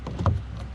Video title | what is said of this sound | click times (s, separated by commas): RAM 1500 Rear Door Panel Removal | just snaps in place like that | 0.3 s